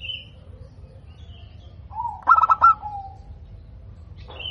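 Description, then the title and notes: Zebra dove giving one rapid pulsed coo phrase ending in a lower drawn note, with faint high whistles from another bird before and after. Local perkutut, described as gacor (singing frequently) with a loud, clear 'crystal' voice. "PERKUTUT LOKAL GACOR Suara KRISTAL LANTANG. Kicau Burung Perkutut"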